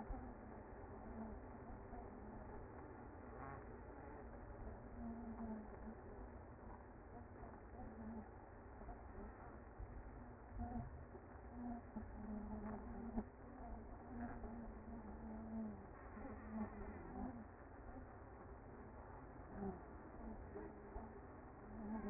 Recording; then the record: honeybee colony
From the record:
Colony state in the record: active